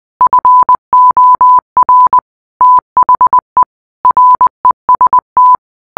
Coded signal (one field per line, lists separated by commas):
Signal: Morse code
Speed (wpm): 20 wpm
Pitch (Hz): 1000 Hz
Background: none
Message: FOR THE REST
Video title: rickroll secret ending in morse code